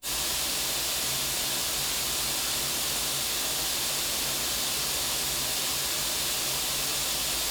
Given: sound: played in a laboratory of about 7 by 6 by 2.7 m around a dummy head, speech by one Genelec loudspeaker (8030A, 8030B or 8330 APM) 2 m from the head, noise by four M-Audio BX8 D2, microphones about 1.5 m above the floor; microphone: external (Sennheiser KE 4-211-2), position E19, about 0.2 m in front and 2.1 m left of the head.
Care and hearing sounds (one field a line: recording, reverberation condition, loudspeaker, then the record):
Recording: white noise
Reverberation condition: medium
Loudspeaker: four, about 170 cm from the corners of the room and facing them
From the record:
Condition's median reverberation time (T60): about 510 ms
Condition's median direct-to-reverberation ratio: about -0.5 dB